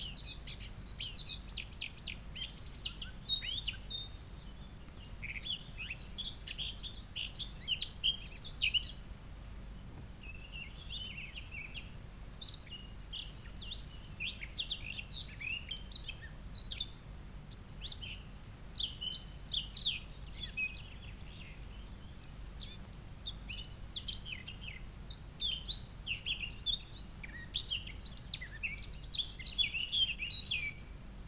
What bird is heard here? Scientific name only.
Sylvia atricapilla